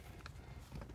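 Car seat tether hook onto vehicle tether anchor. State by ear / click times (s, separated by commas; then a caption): not seated / none. The top tether hook of a child car seat is pulled down toward the vehicle's tether anchor, with low rumbling handling noise and a brief sharp tap at about 0.3 s. Nothing has seated or clicked yet.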